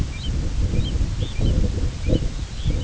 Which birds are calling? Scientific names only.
Pluvialis dominica, Phalaropus fulicarius